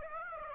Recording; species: mosquito wingbeat signal from an infrared sensor; Aedes aegypti